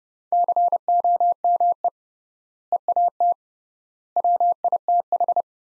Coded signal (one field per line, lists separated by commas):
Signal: Morse code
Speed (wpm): 30 wpm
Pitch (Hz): 700 Hz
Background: none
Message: COME EAT WITH